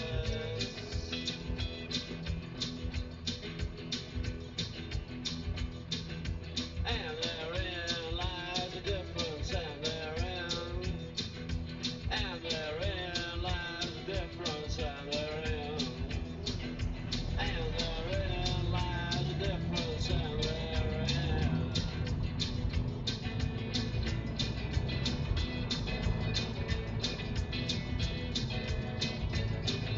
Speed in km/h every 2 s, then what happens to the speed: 0, 0, 0, 0, 0, 0, 0, 0, 10, 21, 32, 39, 45, 44, 48.
0-15 standing. 15-30 pulls away to 48.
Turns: none.